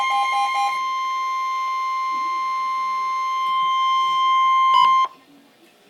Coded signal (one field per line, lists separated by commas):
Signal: Emergency Alert System (SAME) tones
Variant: 1050 Hz attention tone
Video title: Severe Thunderstorm Warning - EAS #211